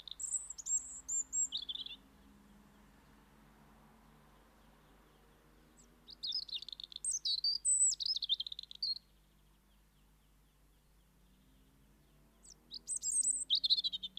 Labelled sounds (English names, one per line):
European Robin song